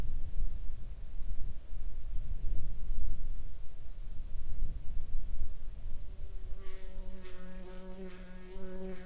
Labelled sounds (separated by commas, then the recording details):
insects
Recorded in the Arctic National Wildlife Refuge, Alaska, on 20 July 2021 at 07:42
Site 41